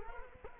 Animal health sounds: mosquito wingbeat signal from an infrared sensor; Culex quinquefasciatus

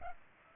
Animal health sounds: mosquito wingbeat signal from an infrared sensor; Culex pipiens

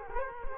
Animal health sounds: mosquito wingbeat signal from an infrared sensor; Culex quinquefasciatus

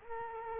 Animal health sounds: mosquito wingbeat signal from an infrared sensor; Culex quinquefasciatus

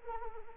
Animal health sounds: mosquito wingbeat signal from an infrared sensor; Anopheles arabiensis

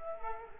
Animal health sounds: mosquito wingbeat signal from an infrared sensor; Culex quinquefasciatus

